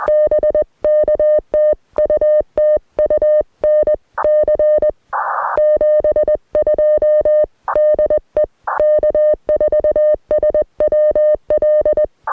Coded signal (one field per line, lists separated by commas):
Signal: Morse code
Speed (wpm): 20 wpm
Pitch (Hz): 610 Hz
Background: music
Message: BK TU TU NC 72 DE K4SWL